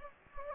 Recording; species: mosquito wingbeat signal from an infrared sensor; Anopheles gambiae